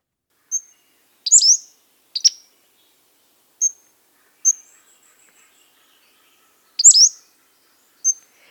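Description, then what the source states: Pacific-slope Flycatcher song: short, high, thin notes and sharp slurred chips spaced irregularly over several seconds, with near silence between them. Played example; described as pretty musical.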